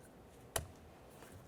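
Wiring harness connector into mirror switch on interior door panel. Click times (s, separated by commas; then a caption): 0.6 s. A wiring harness connector is lined up with the back of the plastic mirror switch on the interior door panel of a 2001–2005 Ford Explorer Sport Trac and pushed in until it latches. A single sharp click is heard at 0.6 s against quiet background. A tug afterward confirms the connector is locked and seated.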